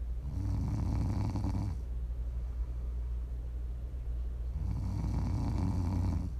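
Prime ASMR snoring from an adult asleep: two long, low, rumbling snores separated by a quieter breathing pause, offered for listening to sleep, relax or wind down.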